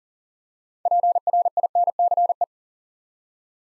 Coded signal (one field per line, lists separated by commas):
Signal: Morse code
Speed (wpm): 38 wpm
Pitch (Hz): 700 Hz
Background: none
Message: PRINCE